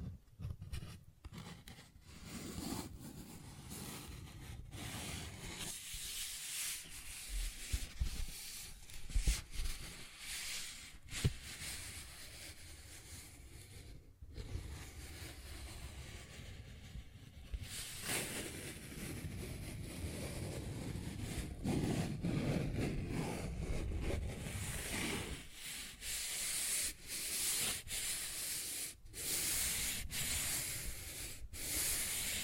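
A paper bag is scratched and rubbed continuously, a dense, rough crinkling rustle that fills the whole half minute with little pause. Brief dips and sharper taps break it up near 2, 11 and 14 seconds, and it grows fuller after 18 seconds.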